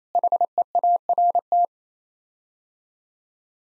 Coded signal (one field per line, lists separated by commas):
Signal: Morse code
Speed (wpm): 28 wpm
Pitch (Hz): 700 Hz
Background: none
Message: HEART